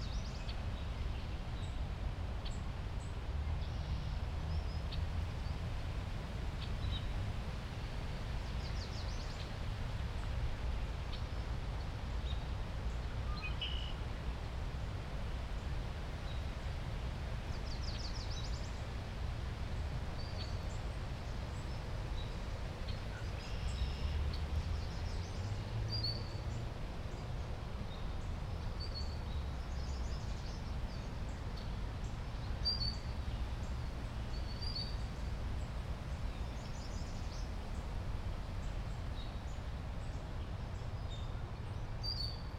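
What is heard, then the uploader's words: Outdoors in a wetland park, a steady low rumble, likely traffic or wind, fills the whole recording. Faint, bright bird chirps and short calls come and go every few seconds, over an even background with no major changes. A walk through the Wilma H. Schiermeier Olentangy River Wetland Research Park.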